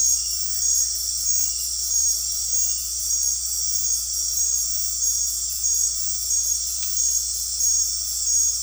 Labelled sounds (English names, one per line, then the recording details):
none
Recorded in dense forest near Puerto Asís, Putumayo, Colombia, on 13 March 2025 at 20:00
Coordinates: 0.503, -76.323
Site GP09